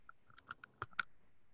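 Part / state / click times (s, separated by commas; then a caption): advancement screw in the housing of an oral sleep apnea appliance / seated / 0.8 s, 1.0 s. The advancement screw in the housing of a milled SomnoMed Herbst Advance Elite oral sleep apnea appliance is turned so the bumps on its head mate into the cap, stepping the screw into its next detent. A few faint ticks come first, then two sharp clicks at 0.8 s and 1.0 s, with the second the loudest, as the screw seats in the detent.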